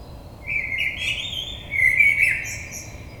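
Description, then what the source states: Common blackbird song: a low, fluty, warbling phrase that wavers and drops slightly, ending with faint high twittering notes. Recorded on 22 May 2022.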